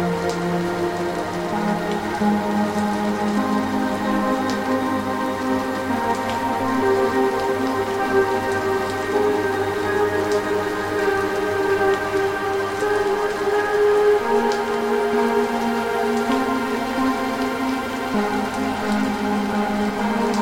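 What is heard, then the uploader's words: Steady rain patters throughout, a dense, even hiss with occasional brighter drop ticks. Soft sustained music notes hold beneath it, with chords shifting slowly around seven, thirteen and eighteen seconds. The overall level stays constant from start to finish. A Soothing Rainy Night & Peaceful Music.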